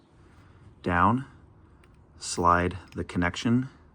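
A crimped metal contact pin on an extension wire is being handled and slid toward a plastic MC4 connector housing while someone talks. A faint, brief tick sounds around 1.8 seconds between phrases. Nothing has seated or clicked into place yet.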